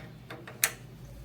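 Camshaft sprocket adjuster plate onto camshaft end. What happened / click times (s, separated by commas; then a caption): The metal plate clicked into place / 0.6 s. On a Jaguar XK150 cylinder head, the serrated camshaft sprocket adjuster plate is turned to line its holes up with the end of the camshaft after an earlier try came close but missed. Two faint taps sound around 0.3 and 0.5 s, then a sharp click at 0.6 s as the plate engages. The adjuster plate seats in perfect alignment on the camshaft end.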